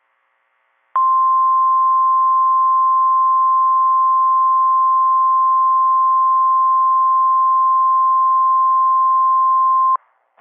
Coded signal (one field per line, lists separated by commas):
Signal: Emergency Alert System (SAME) tones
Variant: 1050 Hz attention tone